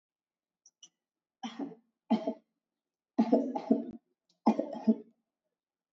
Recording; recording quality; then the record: shallow voluntary cough; excellent, no background noise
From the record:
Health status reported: exposed to COVID-19, no respiratory illness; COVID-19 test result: negative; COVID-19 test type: RT-PCR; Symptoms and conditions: sore throat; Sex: female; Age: 22 years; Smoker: no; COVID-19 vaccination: one dose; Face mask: not worn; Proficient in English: yes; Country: India